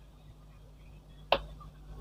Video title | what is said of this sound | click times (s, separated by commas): Service Printer Epson L3110 Tinta Warna Hitam Tidak Keluar atau Hasil cetak putus putus | lupa menguncinya, tekan hingga berbunyi klik untuk menandakan bahwa | 1.3 s